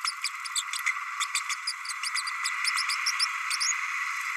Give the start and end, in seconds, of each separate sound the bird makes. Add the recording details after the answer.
0.04-0.12, 0.24-0.29, 0.55-0.63, 0.73-0.78, 1.20-1.25, 1.34-1.40, 1.49-1.55, 1.67-1.72, 2.88-2.95, 3.60-3.72. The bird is a male. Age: 30 days. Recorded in a nest box in Venezuela. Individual 17B32A6